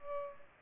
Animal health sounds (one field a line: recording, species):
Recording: mosquito wingbeat signal from an infrared sensor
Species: Culex pipiens